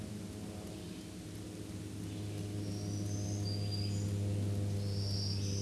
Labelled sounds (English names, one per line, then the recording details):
Black-throated Green Warbler song
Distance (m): 30 m
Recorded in a Pennsylvania forest on 1 June 2023 at 09:00
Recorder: AudioMoth, point grid3_17_high
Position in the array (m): 215 m, 135 m